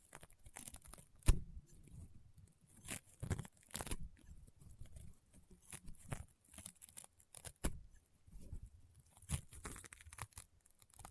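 Crunchy, popping slime being squeezed and pressed, with sharp crackles and pops scattered irregularly throughout. Sudden bright snaps stand out near 1, 3.5 and 7.5 seconds, between softer squishing and low, thick movements. The bursts come every second or so without settling into a steady rhythm.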